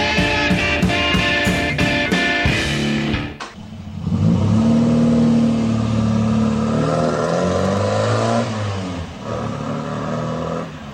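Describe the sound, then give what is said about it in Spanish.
A car engine starts loud with rhythmic churning, then revs up steadily and drones on as the vehicle pulls away, the low rumble rising and shifting in pitch with no voices. “Rápido, a mi coche, lo llevaremos al hospital.”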